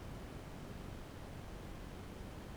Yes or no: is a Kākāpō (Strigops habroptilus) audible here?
no